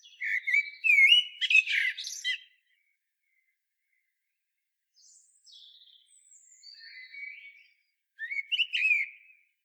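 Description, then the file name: Common blackbird singing a rich fluty phrase with a thin scratchy flourish, several faint high notes, then another loud warbled phrase near the end. "Turdus merula"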